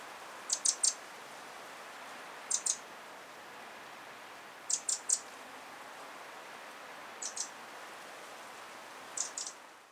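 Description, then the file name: Eurasian wren uttering dry, high-pitched ticks in short groups of two or three, spaced roughly every two seconds throughout, with a soft background hiss. "Troglodytes troglodytes"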